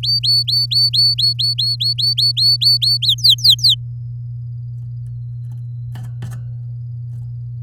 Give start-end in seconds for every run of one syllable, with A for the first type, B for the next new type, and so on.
0.03-2.97 A, 3.02-3.75 B